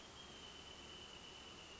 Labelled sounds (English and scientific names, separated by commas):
Wrentit (Chamaea fasciata)